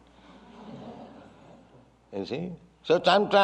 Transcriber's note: laughter